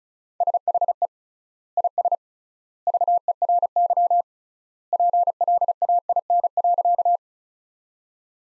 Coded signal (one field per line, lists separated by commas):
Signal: Morse code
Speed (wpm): 34 wpm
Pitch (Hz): 700 Hz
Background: none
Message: SHE IS VERY PLAIN.